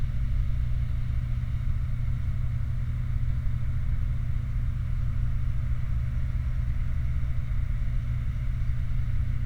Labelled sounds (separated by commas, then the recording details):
machinery, flare stack
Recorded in the Prudhoe Bay oil fields, Alaska, on 29 July 2019 at 00:40
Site 29